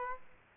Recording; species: mosquito wingbeat signal from an infrared sensor; Aedes aegypti